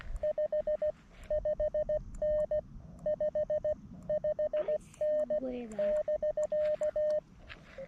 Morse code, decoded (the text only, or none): 55N 55N <BK>